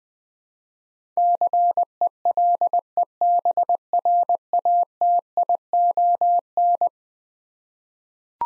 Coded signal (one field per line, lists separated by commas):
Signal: Morse code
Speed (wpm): 20 wpm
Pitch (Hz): 700 Hz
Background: none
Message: CELEBRATION